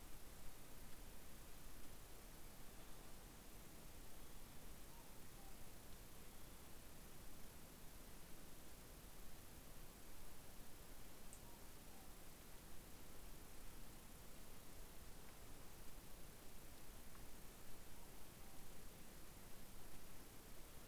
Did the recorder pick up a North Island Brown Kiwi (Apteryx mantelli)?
no